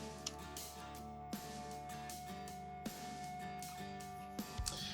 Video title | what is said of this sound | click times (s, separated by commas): SR2 Product Details | and then secure it until it clicks. | 0.3 s